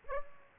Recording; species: mosquito wingbeat signal from an infrared sensor; Aedes aegypti